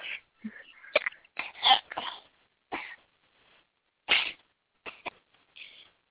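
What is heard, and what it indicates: A string of short, sharp, hissy bursts with a brief squeaky voice sound, a baby girl coughing, sneezing and hiccuping at the same time. About seven quick bursts come over six seconds, uneven in spacing and loudness.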